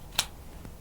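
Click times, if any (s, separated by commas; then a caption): 0.2 s. A finished knife blade is pushed into a molded Kydex thermoplastic sheath and snaps into its retention point with a sharp, bright click at 0.2 s. A much fainter tick follows at 0.7 s. The knife is seated and held in by the sheath's retention.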